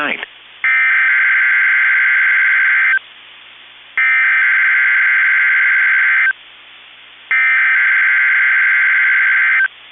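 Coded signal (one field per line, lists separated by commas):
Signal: Emergency Alert System (SAME) tones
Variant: header bursts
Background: speech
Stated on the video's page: Statewide tornado drill SAME tones for Minnesota and Wisconsin, relayed by NOAA weather radio station KEC65, evening drill.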